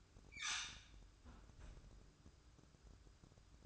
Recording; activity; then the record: daily activity, microphone in the room; close fridge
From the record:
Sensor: 2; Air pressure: 1007.6 hPa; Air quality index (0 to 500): 51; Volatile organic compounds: 1 ppm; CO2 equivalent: 570 ppm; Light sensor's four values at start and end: 10/24/10/11 and 10/24/10/11